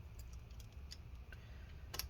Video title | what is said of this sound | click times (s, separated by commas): Microsoft Surface Pro 4 1724 Disassembly M.2 NVMe SSD Upgrade Battery LCD Screen Replacement Repair | Click that in place. Good. | 1.9 s, 2.0 s